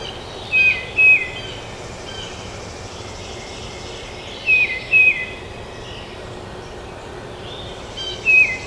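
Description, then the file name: Tufted titmouse whistling a paired phrase of two downslurred notes, repeated three times at roughly four-second gaps, with faint hiss behind. Recorded at Trempealeau on 12 May 2018. "2018-05-12 TUTI-Trempealeau"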